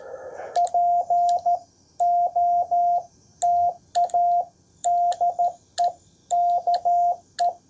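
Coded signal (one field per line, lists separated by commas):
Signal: Morse code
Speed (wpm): 14 wpm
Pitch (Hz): 700 Hz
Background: radio noise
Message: POTA DE KE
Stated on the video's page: CW Parks on the Air activation, 5 watts from an IC-703+ on two HF bands, antenna raised on a SpiderBeams mast.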